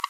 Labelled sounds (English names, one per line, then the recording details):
Green-rumped Parrotlet babbling
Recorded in a nest box in Venezuela
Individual 18B25A3